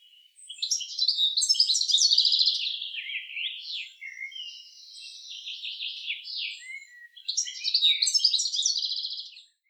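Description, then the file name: Bird singing high, fast twittering phrases with trills, a long first phrase, softer scratchy notes in between, then another bright burst near the end. Recorded in Detmold. "Vogel. Detmold Timo Tetschner"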